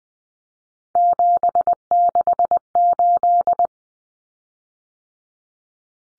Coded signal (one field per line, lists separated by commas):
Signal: Morse code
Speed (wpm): 20 wpm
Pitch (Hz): 700 Hz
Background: none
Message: 768